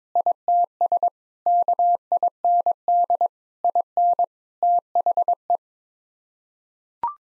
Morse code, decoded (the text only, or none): ITS KIND IN THE